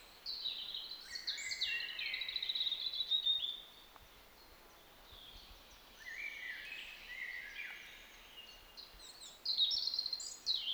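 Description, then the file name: European robin song: high, thin warbled phrases with sliding whistles and quick trills, in three bursts separated by short pauses. "Erithacus rubecula"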